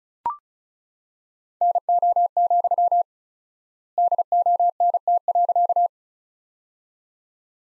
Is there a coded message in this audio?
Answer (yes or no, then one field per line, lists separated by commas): yes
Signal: Morse code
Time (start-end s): 1.6-5.9 s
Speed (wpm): 36 wpm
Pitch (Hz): 700 Hz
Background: none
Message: NO, DONT.